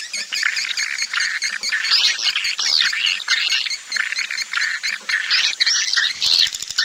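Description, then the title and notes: Swiftlet calls, crowded high twittering, ending with a quick run of clicking sounds. Swiftlet farming sound, Asia. "Swiflet Bird Sound. Farming Swiflet Bird asia sound"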